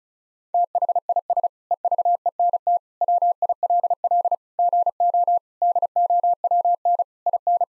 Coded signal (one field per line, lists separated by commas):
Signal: Morse code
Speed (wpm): 36 wpm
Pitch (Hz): 700 Hz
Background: none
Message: THIS EVENT WILL GO DOWN IN